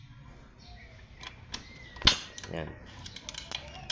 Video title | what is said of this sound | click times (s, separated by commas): Rfi 175 (seat lock 😎😎😎 ) | lock muna natin yan | 2.1 s